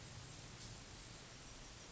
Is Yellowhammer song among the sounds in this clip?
no